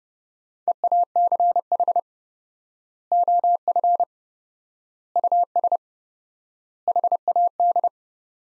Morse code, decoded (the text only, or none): EACH OF US HAD